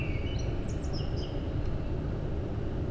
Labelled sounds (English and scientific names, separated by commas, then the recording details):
Common Blackbird (Turdus merula)
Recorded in Germany
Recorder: ecoPi